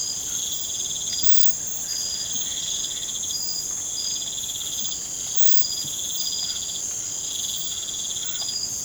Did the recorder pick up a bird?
no